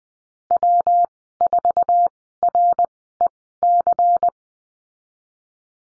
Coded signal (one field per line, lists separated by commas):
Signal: Morse code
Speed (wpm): 20 wpm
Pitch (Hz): 700 Hz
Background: none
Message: W4REC